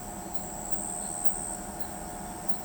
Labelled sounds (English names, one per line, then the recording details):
none
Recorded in pastures near Pivijay, Magdalena, Colombia, on 14 April 2023 at 00:00
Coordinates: 10.456, -74.369
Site P6-G026